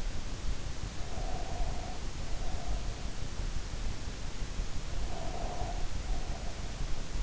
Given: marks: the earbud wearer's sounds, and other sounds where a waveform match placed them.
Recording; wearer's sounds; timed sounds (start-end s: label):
sounds in sleep by an in-ear microphone; breath
0.97-3.02 s: breath
4.97-6.76 s: breath